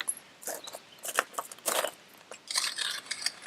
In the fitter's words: into place again as you heard it click locks